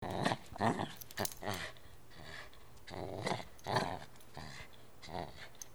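Dog growling and giving short gruff barks in irregular bursts.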